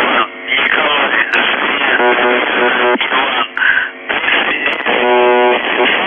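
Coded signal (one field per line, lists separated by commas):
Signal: channel marker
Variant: UVB-76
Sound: harsh harmonic buzzes of about 0.7 seconds repeating through noisy shortwave audio, possibly some voice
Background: radio static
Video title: The Buzzer/UVB-76(4625Khz) October 21, 2021 16:23UTC Voice message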